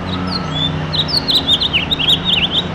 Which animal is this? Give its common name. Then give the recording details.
House Finch. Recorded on Long Island, New York, on 7 June 2011. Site MV. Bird A